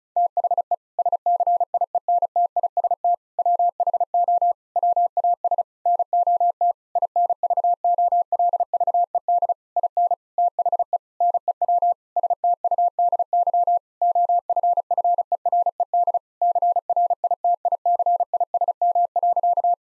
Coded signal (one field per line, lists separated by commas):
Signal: Morse code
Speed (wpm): 34 wpm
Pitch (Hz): 700 Hz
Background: none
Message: THE SCIENTIST WHO WAS NOT INVOLVED IN THE NEW STUDY OFFERED CRITICISM.